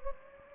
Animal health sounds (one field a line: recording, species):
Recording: mosquito wingbeat signal from an infrared sensor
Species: Anopheles gambiae